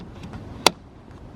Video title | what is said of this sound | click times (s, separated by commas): GAS CAP UPGRADE FOR ANY BMW! | Boom, lock tight, comes back out, and you guys can hear it click, close. | 0.7 s